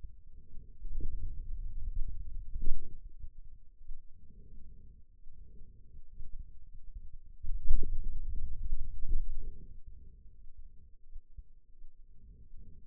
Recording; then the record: forearm muscle sounds (acoustic myography)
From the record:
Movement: hand opening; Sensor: system 2, bracelet of six BSWA MPA416 microphones around the upper forearm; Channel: 1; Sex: male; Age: 22 years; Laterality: right